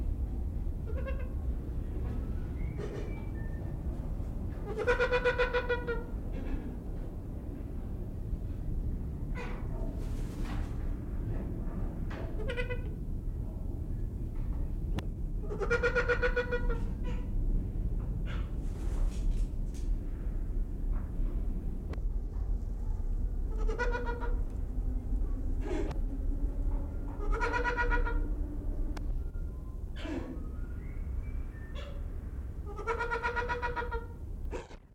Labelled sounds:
Trumpeter Hornbill

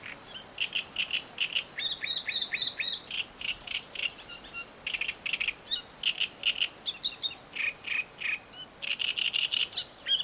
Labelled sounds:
Great Reed Warbler

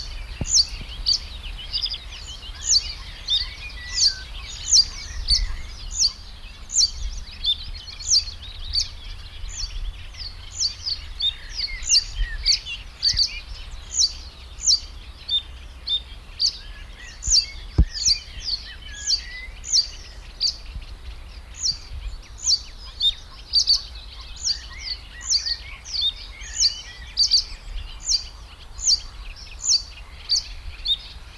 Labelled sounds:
Reed Bunting

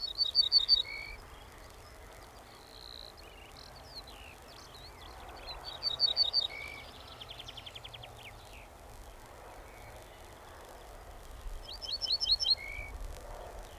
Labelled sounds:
Ortolan Bunting

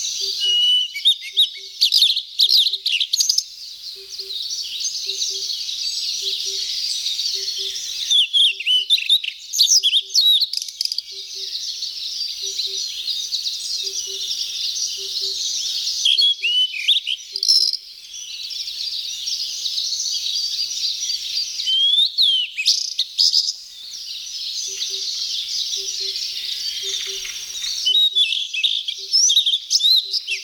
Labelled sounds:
Blue-and-white Flycatcher song

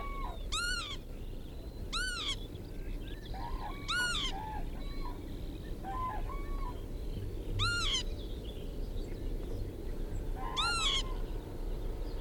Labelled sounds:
Northern Lapwing call

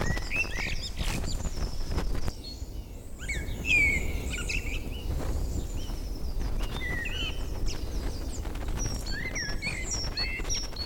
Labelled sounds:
Common Blackbird

